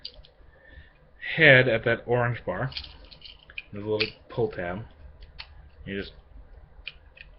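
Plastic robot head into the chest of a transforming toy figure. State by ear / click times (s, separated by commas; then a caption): seated / 6.9 s. Someone talks while pulling the plastic robot head of a Transformers Generations Deluxe Trailcutter transforming toy figure up by its small orange pull tab into the chest. A sharp click at 6.9 s marks the head popping up and locking into place.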